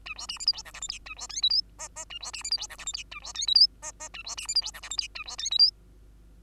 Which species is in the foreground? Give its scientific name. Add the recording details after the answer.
Lonchura striata domestica. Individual Bird2